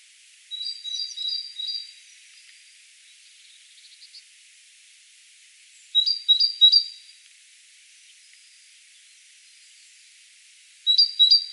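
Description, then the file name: Great tit song in three separate bursts, each a run of clear two-note repeats, with faint thin chirps between the bursts. "Parus major"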